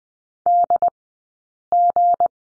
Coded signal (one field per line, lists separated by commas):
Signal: Morse code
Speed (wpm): 20 wpm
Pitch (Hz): 700 Hz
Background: none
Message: DG